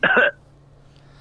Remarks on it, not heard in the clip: I'm pretty COVID-y. You hear that COVID cough? It's a cold. It's literally just the cold. You've had it twice now.